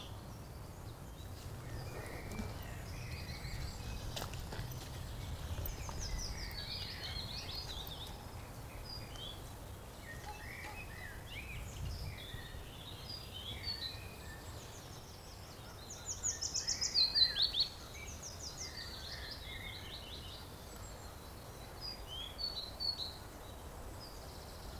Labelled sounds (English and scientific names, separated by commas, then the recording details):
Willow Warbler (Phylloscopus trochilus)
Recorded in the wild
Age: adult
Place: Blankenfelde, Tegeler Fließ, Berlin, DE
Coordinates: 52.625, 13.404
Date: 1992-04-25 12:31
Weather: böiger Wind, 16-23°C
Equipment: Nagra SN, Mikrofon AKG CK 8, Kopie Tesla B 116
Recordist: Tembrock, Günter